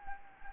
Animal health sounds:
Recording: mosquito wingbeat signal from an infrared sensor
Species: Anopheles gambiae

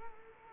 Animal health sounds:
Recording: mosquito wingbeat signal from an infrared sensor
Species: Culex quinquefasciatus

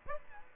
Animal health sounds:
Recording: mosquito wingbeat signal from an infrared sensor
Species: Aedes aegypti

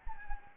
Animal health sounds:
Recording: mosquito wingbeat signal from an infrared sensor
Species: Anopheles gambiae

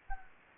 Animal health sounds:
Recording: mosquito wingbeat signal from an infrared sensor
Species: Anopheles gambiae

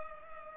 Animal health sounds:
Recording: mosquito wingbeat signal from an infrared sensor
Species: Culex pipiens

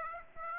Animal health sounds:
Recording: mosquito wingbeat signal from an infrared sensor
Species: Aedes aegypti

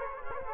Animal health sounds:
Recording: mosquito wingbeat signal from an infrared sensor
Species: Culex quinquefasciatus

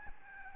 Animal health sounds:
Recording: mosquito wingbeat signal from an infrared sensor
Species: Aedes albopictus

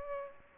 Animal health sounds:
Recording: mosquito wingbeat signal from an infrared sensor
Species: Aedes aegypti

